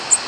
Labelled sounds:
American Redstart flight call

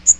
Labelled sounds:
Magnolia Warbler flight call

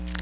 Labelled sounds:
Magnolia Warbler flight call

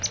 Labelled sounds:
Palm Warbler flight call

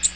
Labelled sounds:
American Redstart flight call

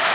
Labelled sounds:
Chestnut-sided Warbler flight call

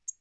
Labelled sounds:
Tennessee Warbler flight call

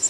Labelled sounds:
Prairie Warbler flight call

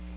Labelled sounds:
Magnolia Warbler flight call

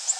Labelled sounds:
Orange-crowned Warbler flight call

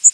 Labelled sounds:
Yellow Warbler flight call

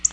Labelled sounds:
Black-throated Blue Warbler flight call

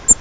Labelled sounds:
Grace's Warbler flight call

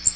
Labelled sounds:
Magnolia Warbler flight call

